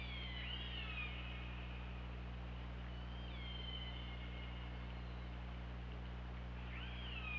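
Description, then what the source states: Killer whale calls underwater, arching high calls at the start and end with a fainter one between, over constant low hum. OrcaLab hydrophone recording, 24 August 2017, 23:32:49.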